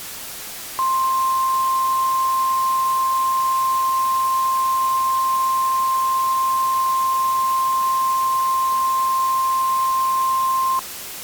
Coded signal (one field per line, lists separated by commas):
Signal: Emergency Alert System (SAME) tones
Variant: 1050 Hz attention tone